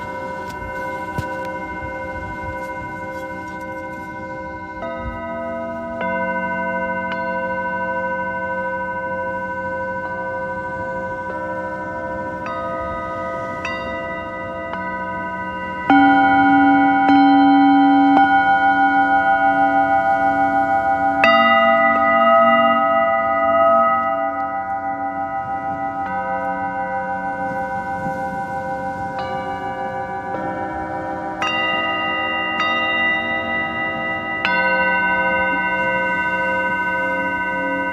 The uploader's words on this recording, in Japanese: 秋分メキシコから シンギングボウルのサウンドヒーリング。